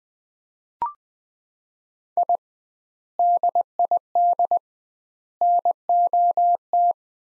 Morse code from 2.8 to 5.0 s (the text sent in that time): DID